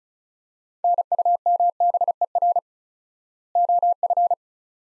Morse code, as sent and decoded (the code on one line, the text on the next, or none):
-. ..- -- -... . .-. / --- ..-.
NUMBER OF